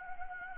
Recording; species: mosquito wingbeat signal from an infrared sensor; Anopheles gambiae